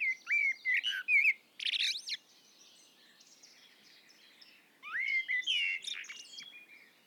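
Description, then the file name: Common blackbird song: fluty whistled phrases in the first two seconds ending in high squeaky twitters, a quiet gap, then another warbled phrase with thin high notes near the end. "Turdus merula"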